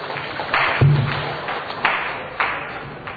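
Audience applause: a dense, steady patter of many hands clapping together, fairly loud, with a few brief swells in intensity before it gradually thins out.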